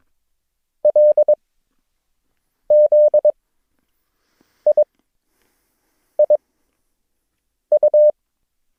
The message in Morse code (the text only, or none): LZIIU